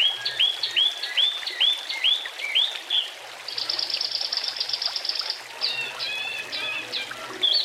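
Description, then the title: Oriental magpie-robin song: a string of looping whistled notes, then a sustained buzzy trill and varied chirps. "Kicau Kacer"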